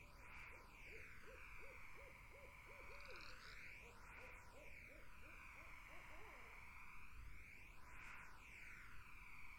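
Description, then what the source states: Barred owl hooting in two rapid series, one early and another near the middle, over steady background noise. Barred owls in a summer wetland; 8D audio.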